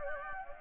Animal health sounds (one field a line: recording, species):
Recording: mosquito wingbeat signal from an infrared sensor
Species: Anopheles gambiae